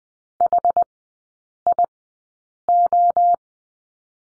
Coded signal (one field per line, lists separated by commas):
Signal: Morse code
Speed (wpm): 20 wpm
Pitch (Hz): 700 Hz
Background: none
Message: HIO